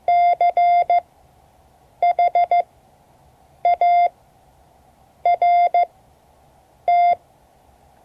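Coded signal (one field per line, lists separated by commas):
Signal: Morse code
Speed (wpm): 15 wpm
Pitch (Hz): 700 Hz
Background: none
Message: CHART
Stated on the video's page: Morse code class lesson, part 3 of 12.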